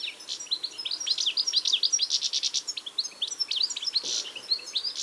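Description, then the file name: European goldfinch song: a continuous fast jumble of liquid twitters and bright chirps. "Carduelis carduelis"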